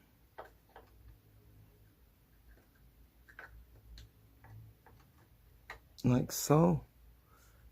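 A DDR3 memory module is lined up in a motherboard DIMM slot before being pushed down, giving only faint, light ticks as it is positioned. Someone talks briefly near the end. Nothing has seated or clicked yet.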